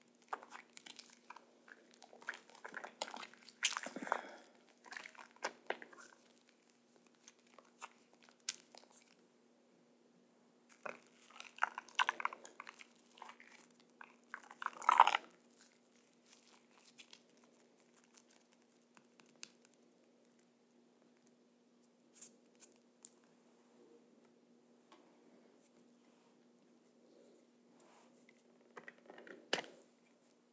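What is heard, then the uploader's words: Soapy, sudsy sounds come in wet, squishing bursts, busiest in the first few seconds, again around 11 to 15 seconds, and once more near 29 seconds. Between the bursts come quieter patches with faint crackles, and a steady low hum runs underneath throughout. ASMR Soapy Sounds. Soapy and sudsy sounds.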